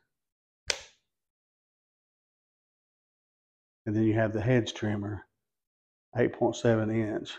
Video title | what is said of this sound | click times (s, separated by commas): Say Goodbye To Tedious Yard Work With This Cordless Grass Shear! | and it'll snap right into place | 0.7 s